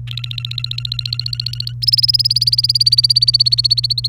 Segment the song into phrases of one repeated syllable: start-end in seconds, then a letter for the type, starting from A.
0.07-1.73 A, 1.82-4.07 B